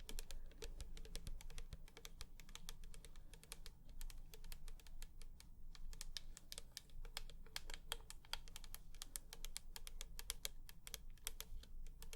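Rapid tapping fills the whole twelve seconds, a dense run of sharp, bright clicks like fingers on a keyboard. The taps come quickly and a little unevenly, with brief pauses and clustered bursts, over a steady low hum underneath.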